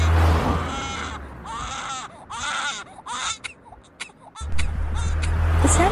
The sound of a baby crying.